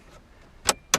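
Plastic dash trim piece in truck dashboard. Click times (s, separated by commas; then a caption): 0.7 s, 0.9 s. A pick tool is slid under a plastic dash bezel trim piece in a 2012 Ram 1500 truck dashboard to work its retaining clips loose for radio removal. After a quiet stretch, two sharp clicks ring out at 0.7 s and 0.9 s as the clips pop and the trim piece is released.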